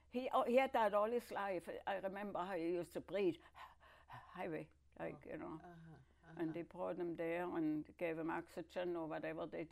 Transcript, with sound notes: He - oh he had that all his life. I remember how he used to breath [breathes heavily] heavy, like you know. And they brought 'em there and gave 'em oxygen or whatever they did.